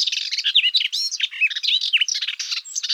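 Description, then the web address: Melodious warbler song: a fast, continuous babble of varied high chirps, twangy slurred notes and short rattles, tumbling on without pause. "Hippolais polyglotta"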